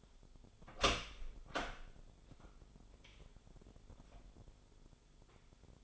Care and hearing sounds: daily activity, microphone in the room; open door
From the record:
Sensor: 5

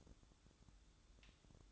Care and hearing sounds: daily activity, microphone in the room; light off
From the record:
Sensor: 3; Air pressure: 1007.9 hPa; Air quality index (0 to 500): 88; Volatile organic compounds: 1 ppm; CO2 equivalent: 742 ppm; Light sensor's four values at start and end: 17/45/18/17 and 11/26/11/11

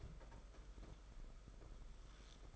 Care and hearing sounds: daily activity, microphone in the room; take from stove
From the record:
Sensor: 5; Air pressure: 991.2 hPa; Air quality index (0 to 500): 92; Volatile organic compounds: 11 ppm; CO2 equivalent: 2310 ppm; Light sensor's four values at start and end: 33/103/40/42 and 33/106/40/43

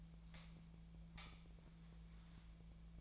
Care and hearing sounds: daily activity, microphone in the room; light off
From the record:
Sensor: 1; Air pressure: 1009.8 hPa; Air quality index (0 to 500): 190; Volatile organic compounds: 17 ppm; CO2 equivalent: 2600 ppm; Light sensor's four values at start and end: 46/132/54/62 and 35/89/37/45

